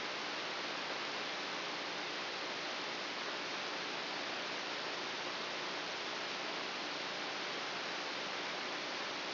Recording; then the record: brain microelectrode recording played as sound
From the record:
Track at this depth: outside the subthalamic nucleus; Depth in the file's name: 5.201 mm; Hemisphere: right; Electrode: 3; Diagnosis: Parkinson's disease